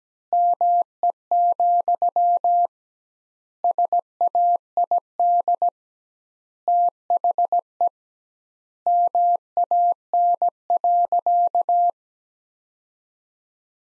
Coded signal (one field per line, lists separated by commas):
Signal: Morse code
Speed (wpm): 17 wpm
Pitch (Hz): 700 Hz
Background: none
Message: ME, SAID THE MAN.